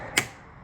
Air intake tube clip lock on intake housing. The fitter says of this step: They basically just snap into place like that.